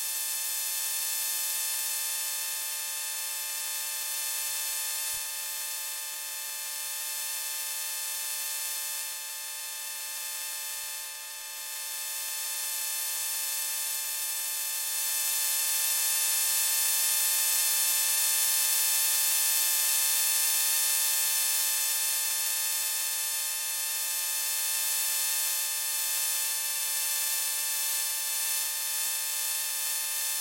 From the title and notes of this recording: Kindle recorded with a pair of induction coils (JrF) + Sony PCM D50.